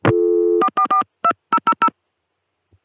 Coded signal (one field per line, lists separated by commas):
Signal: DTMF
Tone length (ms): 70 ms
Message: 4442000